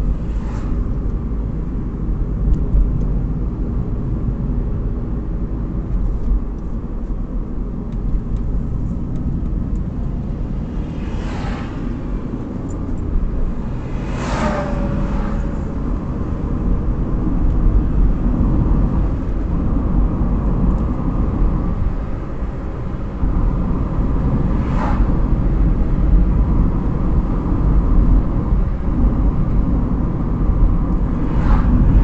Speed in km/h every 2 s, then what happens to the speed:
40, 38, 42, 41, 35, 41, 48, 57, 64, 67, 69, 69, 69, 69, 64, 61.
0-9 steady at about 40. 9-19 speeds up to 69. 19-26 steady at about 69. 26-29 slows to 61.